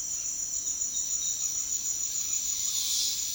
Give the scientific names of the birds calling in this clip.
none